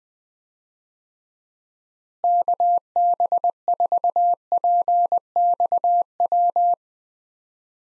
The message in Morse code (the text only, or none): KB4PXW